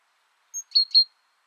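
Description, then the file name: Great tit call: a thin high whistle followed by two sharp, slightly buzzy chirps in quick succession, with silence around them. "Parus major"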